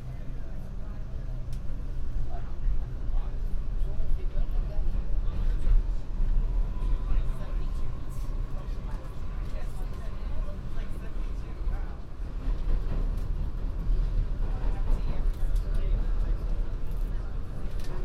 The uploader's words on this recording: A binaural field recording on the downtown local 1 train, from Harlem 125th to 23rd Street.